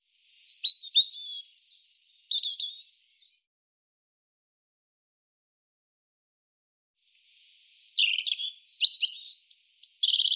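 European robin singing two separate phrases of high, rapid, jumbled twittering notes with short trills, divided by a pause of about four seconds.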